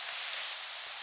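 Baird's sparrow flight call: one very high, thin, clipped note halfway through, over steady hiss.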